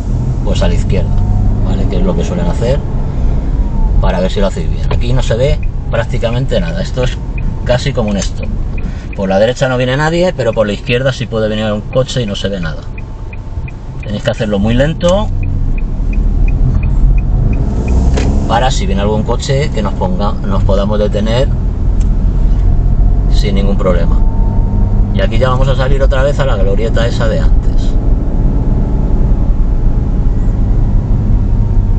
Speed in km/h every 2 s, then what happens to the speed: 13, 15, 14, 8, 3, 0, 0, 0, 11, 18, 20, 23, 26, 27, 28, 25.
4-9 slows to 0. 9-14 standing. 14-27 pulls away to 28.